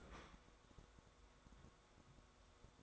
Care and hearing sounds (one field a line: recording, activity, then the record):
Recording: daily activity, microphone in the room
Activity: open fridge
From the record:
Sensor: 3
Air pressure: 1004.6 hPa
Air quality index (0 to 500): 191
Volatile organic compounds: 13 ppm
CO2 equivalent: 2391 ppm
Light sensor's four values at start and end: 5/13/5/5 and 5/13/5/5